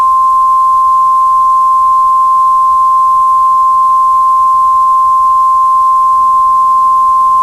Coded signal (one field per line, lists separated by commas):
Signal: Emergency Alert System (SAME) tones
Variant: 1050 Hz attention tone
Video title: Eas Scenario: Paw Patrol es Invadido por Calle Dalmatas 101 (1/2) contexto en la descripción